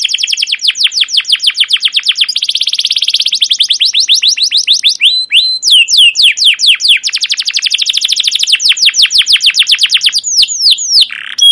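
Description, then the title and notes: Canary song as a nonstop stream of rapid chirps and rolling trills, shifting pitch and speed throughout. Long, continuous chirping 'cuit cuit ngerol' canary song, used as a lure and master recording for teaching young captive canaries. "CUIT CUIT NGEROL GACOR PANJANG Kenari Pancingan KENAR. PANCINGAN Kenari GACOR PANJANG Cuit CUIT EMOSI MASTERAN Kenari PAUD belajar BUNYI. burung kenari"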